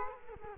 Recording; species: mosquito wingbeat signal from an infrared sensor; Culex quinquefasciatus